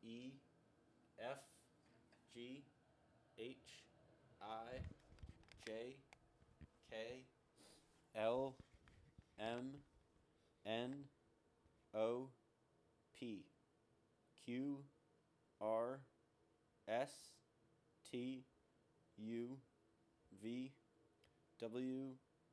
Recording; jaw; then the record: letters of the alphabet, spoken; free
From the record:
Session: seven days later